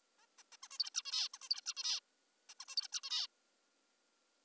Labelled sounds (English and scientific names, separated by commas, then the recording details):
Zebra Finch (Taeniopygia guttata)
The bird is an adult
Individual g19o3U